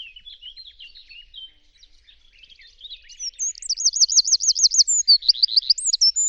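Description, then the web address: Bird song: quiet twittering notes at first, then a loud run of fast looping high notes and slurred whistles near the end. "cianscape birddata Deverinetal 2025"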